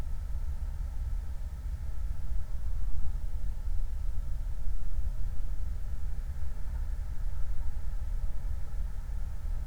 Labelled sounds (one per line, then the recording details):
wind
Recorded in the Prudhoe Bay oil fields, Alaska, on 29 July 2019
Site 29